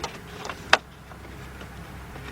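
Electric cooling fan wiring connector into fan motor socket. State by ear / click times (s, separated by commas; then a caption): seated / 0.7 s. On a 2003 Honda Accord 3.0, the plastic electric cooling fan wiring connector is plugged by feel, out of sight, into the fan motor socket. After a faint tick near the start, a single sharp, bright snap rings out at 0.7 s over a low background hum. The connector is confirmed snapped fully into place.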